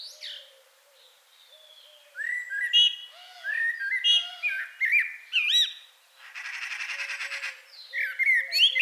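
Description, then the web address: Common blackbird song, mellow warbled whistles and squeaky flourishes, interrupted by a short buzzy rasp, with low soft repeated notes in the background. "SETE Turdus merula"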